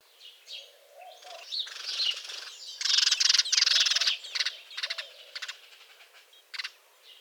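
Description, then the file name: House sparrow chirps, a run of short bright notes, rising to a dense harsh burst of chatter midway, then scattered single chirps trailing off. "Passer domesticus"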